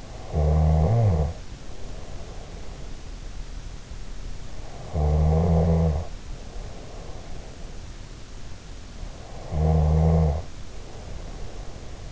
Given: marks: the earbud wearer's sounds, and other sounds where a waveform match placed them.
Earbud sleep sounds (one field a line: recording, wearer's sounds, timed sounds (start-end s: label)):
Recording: sounds in sleep by an in-ear microphone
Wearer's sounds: snoring breath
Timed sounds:
0.00-3.23 s: snoring breath
4.65-7.76 s: snoring breath
9.41-12.12 s: snoring breath